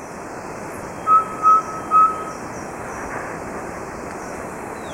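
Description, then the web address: Subtropical pygmy owl whistling three quick level notes in a row, then only quiet hiss. Ecuador. "Birds of Ecuador. Subtropical Pygmy-Owl"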